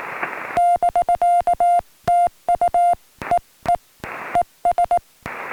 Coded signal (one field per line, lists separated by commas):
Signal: Morse code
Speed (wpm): 18 wpm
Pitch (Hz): 700 Hz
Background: music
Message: <BK> TU EE ES